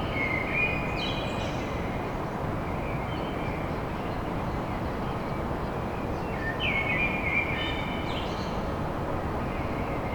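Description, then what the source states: Common blackbird song: two mellow warbled phrases, each ending in a higher twitter, over a constant loud rumble of traffic. Song recorded at dawn in Paris.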